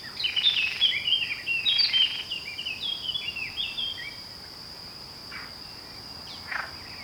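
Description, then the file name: Eurasian blackcap warbling song, a rapid run of twittering notes in the first four seconds, then quieter, under a continuous high-pitched hum. "Sylvia atricapilla"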